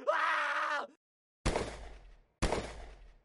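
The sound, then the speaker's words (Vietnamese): A man lets out a loud, strained scream of pain lasting under a second in the hold of a cargo ship, followed by silence and then two sharp, booming bangs with short ringing tails. “Một tiếng hét thê thảm vang lên trong khoang thuyền của tàu hàng.”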